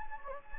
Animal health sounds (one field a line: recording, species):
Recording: mosquito wingbeat signal from an infrared sensor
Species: Anopheles gambiae